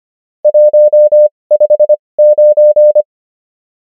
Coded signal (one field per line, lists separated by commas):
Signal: Morse code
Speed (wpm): 25 wpm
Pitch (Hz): 600 Hz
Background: none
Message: 159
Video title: morse code practice | 25wpm | 20fw | numbers | ENGLISH